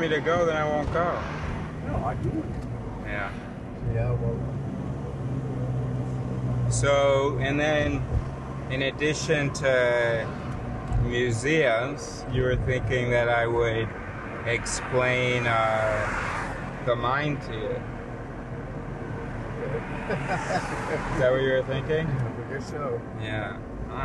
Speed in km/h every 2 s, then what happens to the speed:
28, 28, 32, 41, 43, 43, 43, 39, 36, 36, 34, 32.
0-7 speeds up to 43. 7-24 slows to 32.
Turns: none.